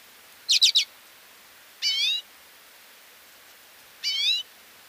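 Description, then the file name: Common redpoll calls: a quick trio of buzzy chattering notes, then two rising twangy calls about two seconds apart, all high-pitched over quiet background. "Common Redpoll - Acanthis flammea"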